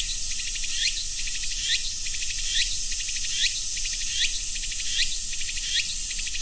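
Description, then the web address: Cicada calls: a shrill unbroken drone, punctuated by rising buzzy sweeps repeated a little faster than once a second. "sound cicadas-tsu"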